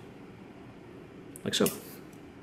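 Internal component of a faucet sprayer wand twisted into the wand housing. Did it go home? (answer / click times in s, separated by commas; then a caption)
no / none. A plastic internal part of a Delta Touch2O kitchen faucet sprayer wand is twisted back around into the wand housing during reassembly, with brief handling noise around 1.5 s while someone talks. The part is still being handled and has not gone home: nothing has locked or clicked into place yet.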